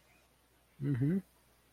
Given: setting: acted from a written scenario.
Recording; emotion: vocal sound without words; neutral